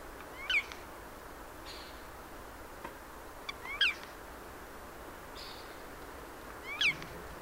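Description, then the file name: Eurasian jay calls: three short, harsh, mewing notes sweeping downward, spaced roughly three seconds apart over a steady background hiss. "Garrulus glandarius"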